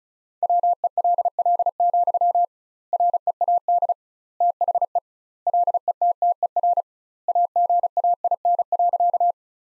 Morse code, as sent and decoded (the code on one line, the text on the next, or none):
.-- . .-.. .-.. --..-- / .-. . .- -.. / - .... . / .-.. . - - . .-. / .- --. .- .. -. .-.-.-
WELL, READ THE LETTER AGAIN.